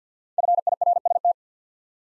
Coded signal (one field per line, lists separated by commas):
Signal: Morse code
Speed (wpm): 53 wpm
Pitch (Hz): 700 Hz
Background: none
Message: FIRST